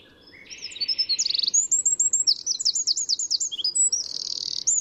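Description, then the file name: Eurasian wren song, a loud, rapid outpouring of high, sharp notes and fast rattling trills, running almost without a break for about four seconds. "Troglodytes troglodytes"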